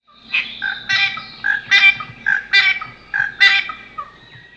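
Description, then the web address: Bird honking calls, loud harsh nasal notes repeated several times in quick irregular succession over a low steady background hum. "Eyewitness Birds"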